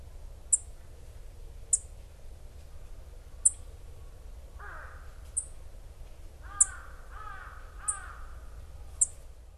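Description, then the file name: Black-faced bunting calls: thin, sharp, very high ticks spaced about one to two seconds apart, with crows cawing hoarsely in the background. Kaji, Hyogo; dated 0803. "aoji 0803 hyogo kaji"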